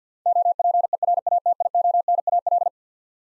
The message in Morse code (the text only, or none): OPERATIONAL